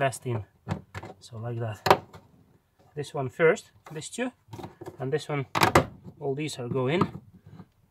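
Someone talks while handling a plastic part with two little hooks on a fuel pump flange assembly, catching the hooks first and then pressing the part in. Faint short sounds occur at about 2.1 and 7.6 seconds. Nothing has seated or clicked yet.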